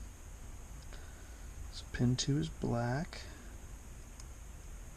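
A crimped terminal pin for pin two, on the black wire, is handled at a plastic wiring-harness connector housing during an engine swap. Someone talks, and faint small ticks are heard around 0.9 s and 4.2 s. Nothing has seated or clicked into the housing yet.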